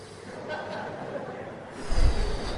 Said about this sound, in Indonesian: Untuk sholat sunat di rumah, apa boleh buang dahak? Karena kalau ditelan tambah banyak. Sedang berdahak, sebelum sholat itu habiskan dahak itu sehabis-habisnya. Parik dengan nafas panjang.